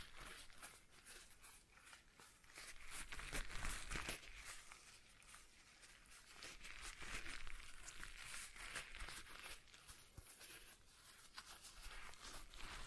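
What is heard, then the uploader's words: A stress ball is squeezed and kneaded, giving a dense, bright crinkling and crackling that never stops. The texture swells louder in waves, near four, seven to eight, and twelve seconds, with quick snapping clicks scattered throughout. ASMR Relaxing Stress Ball Sounds (No Talking).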